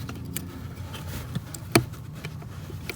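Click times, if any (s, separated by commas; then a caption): 1.8 s. A wiring harness plug is pushed into the connector on the back side of a GM blower control module, where the old one was unplugged. Over low background rumble and a few faint ticks, a sharp snap at 1.8 s marks the plug seating.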